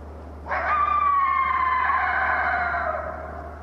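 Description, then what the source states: Coyote howl with an abrupt start and one long drawn-out, gently descending tone lasting over two seconds, a faint low hum steady in the background. A lone coyote, recorded at 18:40 on 28 January 2012.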